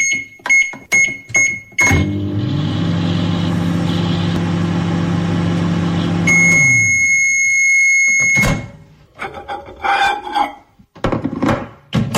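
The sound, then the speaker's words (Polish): A microwave oven beeps four times in quick high-pitched tones, then hums steadily while running, ends with one long beep, and is followed by clattering of the door and dishes. “Dlatego to mikrofalówka pojawiła się, bowiem wspominamy człowieka, który zasłynął jako wynalazca mikrofalówki właśnie.”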